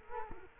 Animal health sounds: mosquito wingbeat signal from an infrared sensor; Culex quinquefasciatus

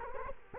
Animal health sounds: mosquito wingbeat signal from an infrared sensor; Culex quinquefasciatus

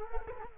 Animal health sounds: mosquito wingbeat signal from an infrared sensor; Culex quinquefasciatus

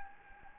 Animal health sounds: mosquito wingbeat signal from an infrared sensor; Anopheles gambiae

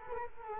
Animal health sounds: mosquito wingbeat signal from an infrared sensor; Culex quinquefasciatus

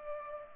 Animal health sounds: mosquito wingbeat signal from an infrared sensor; Culex pipiens

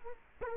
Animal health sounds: mosquito wingbeat signal from an infrared sensor; Culex quinquefasciatus

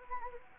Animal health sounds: mosquito wingbeat signal from an infrared sensor; Anopheles gambiae

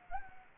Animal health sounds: mosquito wingbeat signal from an infrared sensor; Anopheles arabiensis

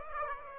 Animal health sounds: mosquito wingbeat signal from an infrared sensor; Aedes aegypti

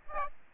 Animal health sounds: mosquito wingbeat signal from an infrared sensor; Aedes aegypti

